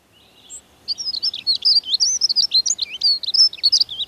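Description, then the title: Dunnock song: a fast, high, jingling warble of thin squeaky notes, starting after a second of quiet and running continuously for about three seconds. "Viikon luontoääni: Rautiainen"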